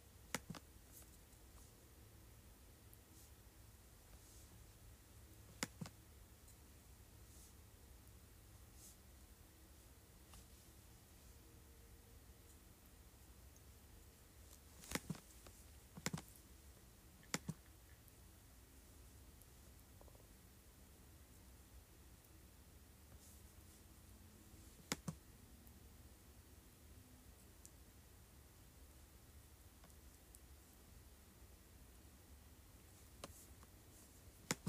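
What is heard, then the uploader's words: Sparse, sharp clicks from a computer mouse and keyboard stand out against a steady low hum, landing at irregular moments, with a small cluster around the middle and single clicks near 6, 25 and 34 seconds. Faint soft rustling fills the gaps between them. Clicking, Scrolling, and Typing on Keyboard.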